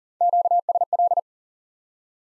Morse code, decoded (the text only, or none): QSL